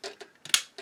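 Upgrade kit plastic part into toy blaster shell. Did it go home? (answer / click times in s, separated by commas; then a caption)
yes / 0.5 s. A plastic part from an SND X Mortis upgrade kit is pressed into a toy foam blaster shell, with a few light plastic clicks and handling taps around it. A sharp, bright snap rings out at 0.5 s as the part seats in place, followed by a softer click near 0.8 s.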